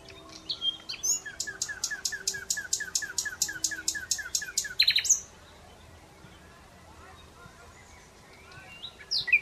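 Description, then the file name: Common Nightingale repeating one sharp note rapidly for about four seconds in a steady pulsing series, ending with a flourish, then near silence before a last brief note. "Luscinia megarhynchos"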